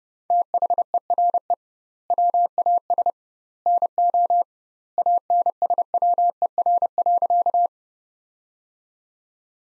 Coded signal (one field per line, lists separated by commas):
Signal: Morse code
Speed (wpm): 30 wpm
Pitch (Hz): 700 Hz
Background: none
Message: THERE WAS NO ANSWER.